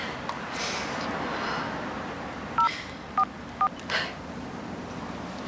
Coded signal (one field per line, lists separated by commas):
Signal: DTMF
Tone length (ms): 80 ms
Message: 044